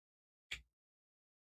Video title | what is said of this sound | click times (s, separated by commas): Unboxing more Whatnot auction and giveaway wins! Even more traditional knives! | And you can hear it. | 0.5 s